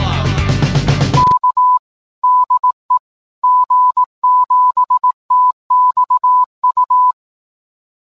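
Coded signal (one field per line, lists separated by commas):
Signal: Morse code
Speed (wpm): 18 wpm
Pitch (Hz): 1000 Hz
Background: music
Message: K DE G7TXU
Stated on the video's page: Morse CW ident generated by an Arduino with a relay and resistor, part of a project for roger bleeps, beacons and repeater logic.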